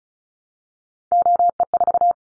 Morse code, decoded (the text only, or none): OE4